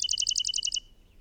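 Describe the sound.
Bird song fragment: a quick, even trill of about nine high, bright notes that fades out.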